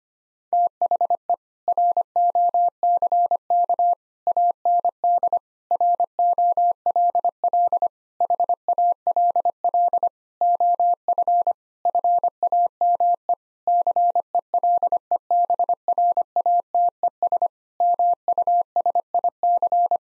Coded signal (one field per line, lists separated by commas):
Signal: Morse code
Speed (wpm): 25 wpm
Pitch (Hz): 700 Hz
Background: none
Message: THE ROCK AND ROLL HALL OF FAME CELEBRATES MUSIC